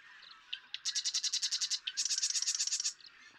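Marsh Wren song: a few soft notes, then a rapid dry buzzy rattle, a short pause and a second fast rattle.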